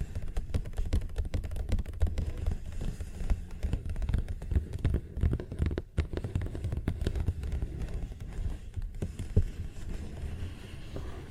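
A paper bag is tapped and scratched in quick, irregular clicks and rustles over a steady low rumble, with sharper taps near six and nine seconds.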